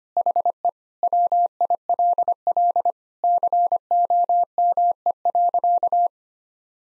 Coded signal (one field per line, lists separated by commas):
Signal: Morse code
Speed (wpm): 25 wpm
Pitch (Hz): 700 Hz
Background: none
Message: HE WILL COME.